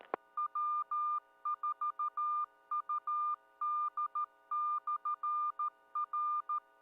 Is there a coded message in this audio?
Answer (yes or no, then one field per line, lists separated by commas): yes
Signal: Morse code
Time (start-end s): 0.4-6.6 s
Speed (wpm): 13 wpm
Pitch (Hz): 1200 Hz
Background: none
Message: W4UD/R